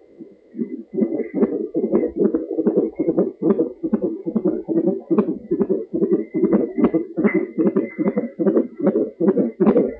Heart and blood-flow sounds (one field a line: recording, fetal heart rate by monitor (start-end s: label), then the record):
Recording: fetal heart sounds by stethoscope on the mother's abdomen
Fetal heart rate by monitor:
0.00-10.00 s: 145 bpm
From the record:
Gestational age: 34 weeks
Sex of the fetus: boy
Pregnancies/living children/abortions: 1/0/0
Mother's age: 18 years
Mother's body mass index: 25.6